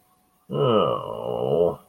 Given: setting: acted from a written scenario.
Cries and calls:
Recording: vocal sound without words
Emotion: shame

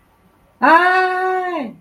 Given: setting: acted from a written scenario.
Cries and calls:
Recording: vocal sound without words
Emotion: distress

